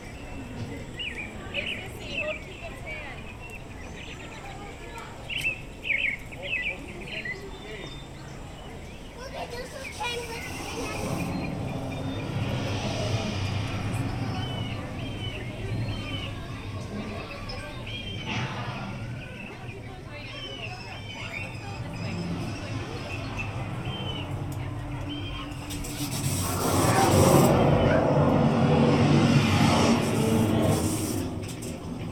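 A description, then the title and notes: A walk through Grizzly Peak and the Redwood Creek Challenge Trail, with a constant murmur of people talking and a few high chirps early on. A rushing swell rises around ten seconds, and a louder, fuller rush dominates from about 26 to 31 seconds. Grizzly Peak and Redwood Creek Challenge Trail (Disney's California Adventure) Binaural Walk Through. In this episode we take a peaceful walk through around the most tranquil place in all of Disney's California Adventure, Grizzly Peak.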